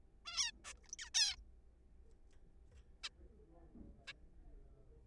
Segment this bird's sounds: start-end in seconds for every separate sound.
0.26-0.51, 0.65-0.73, 0.84-0.89, 0.93-0.95, 0.99-1.09, 1.15-1.36, 3.04-3.09, 4.08-4.12